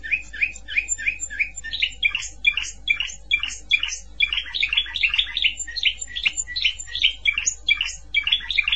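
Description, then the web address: Canary song, a continuous run of quick chirped syllables over a faint low hum. "honarfardi Canary Sound"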